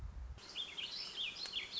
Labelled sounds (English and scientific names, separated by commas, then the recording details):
Warbling Vireo (Vireo gilvus)
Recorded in Sonoma County, California